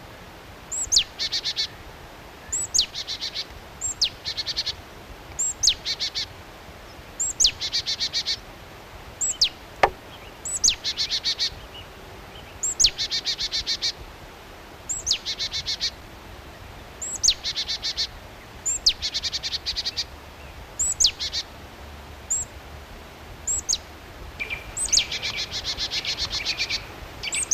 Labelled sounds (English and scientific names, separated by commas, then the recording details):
Marsh Tit (Poecile palustris) call
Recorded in the wild
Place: Knoten, DE
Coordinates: 50.6033, 8.1675
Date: 1964-03-30 16:30
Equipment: Uher Report 4000, AKG D190
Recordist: Krey, Winfried